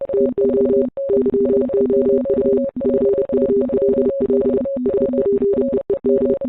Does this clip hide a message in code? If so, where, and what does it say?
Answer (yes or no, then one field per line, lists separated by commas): yes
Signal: Morse code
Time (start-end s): 0.1-6.3 s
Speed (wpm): 30 wpm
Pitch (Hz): 410 Hz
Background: music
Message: TO YOU FULL SPEED